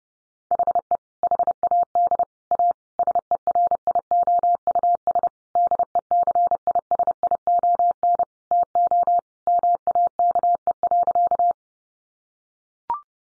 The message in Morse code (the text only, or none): HE HAD A SERIOUS DECISION TO MAKE.